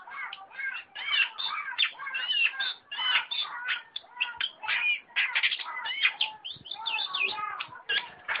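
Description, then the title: Long-tailed shrike singing a nonstop busy medley of mixed whistles, trills and scratchy notes with hardly any pause. A combination song. "Cendet Kombinasi"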